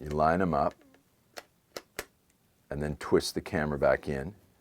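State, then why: Not seated. An interchangeable lens is lined up red dot to red dot on the bayonet mount of a Panasonic Lumix GF1 mirrorless camera body and twisted on. Someone talks, then a few faint handling ticks come from the lens and body around 1.4, 1.8 and 2.0 seconds before the talk resumes. The lens has not locked or clicked into place yet.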